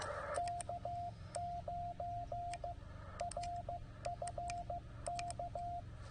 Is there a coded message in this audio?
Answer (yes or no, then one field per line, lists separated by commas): yes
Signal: Morse code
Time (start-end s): 0.4-5.8 s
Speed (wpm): 19 wpm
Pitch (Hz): 700 Hz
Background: radio noise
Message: K9RFK